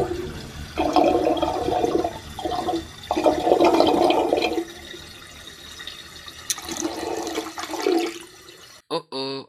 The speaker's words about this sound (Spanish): Se acaba de drenar el tanque del Tyrant. Vamos, del boss final.